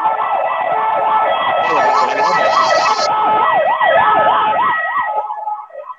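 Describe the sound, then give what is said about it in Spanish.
An ambulance siren wails loudly in a steady, fast rise-and-fall pattern over low traffic rumble, with a brief higher hiss partway through, then tapers off as it passes. “Viene una ambulancia.”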